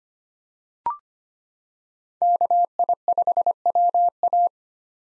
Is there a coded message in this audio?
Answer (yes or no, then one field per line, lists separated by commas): yes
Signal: Morse code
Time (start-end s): 2.2-4.5 s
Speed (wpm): 25 wpm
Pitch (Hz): 700 Hz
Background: none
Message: KI5WA